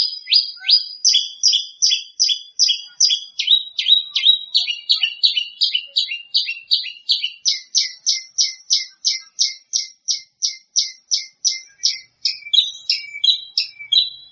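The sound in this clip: Greater green leafbird song as a long, steady series of sharp, high chipping notes, about three each second, slightly varying in pitch throughout.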